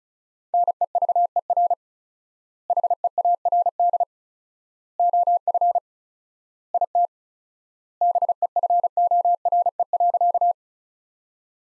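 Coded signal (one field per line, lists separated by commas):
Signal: Morse code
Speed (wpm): 34 wpm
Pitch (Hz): 700 Hz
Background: none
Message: NEVER HEARD OF IT BEFORE.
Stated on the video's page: Morse practice of sentences built from the top 400 words, sent at 35 wpm with 4x standard word spacing, a Farnsworth-like method applied to words.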